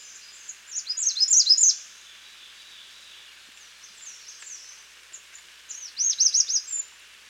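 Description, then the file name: American redstart song: brisk, very high jumbled notes in phrases, a loud one at the start, softer notes midway, another phrase near the end. "Setophaga ruticilla - American Redstart"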